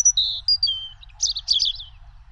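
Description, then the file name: European robin song: a short phrase of high thin whistled notes at varied pitches, then a burst of rapid twittering trills, over a faint low hum. "Rouge gorge"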